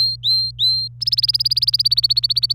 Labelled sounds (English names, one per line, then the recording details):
Domestic Canary song
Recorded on 25 April 2018 at 17:50
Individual llb3